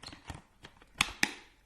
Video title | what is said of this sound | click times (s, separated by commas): Willow Go Wearable Breast Pump Review | there he is you listen for the snap to make sure that everything is all sealed up | 1.0 s, 1.2 s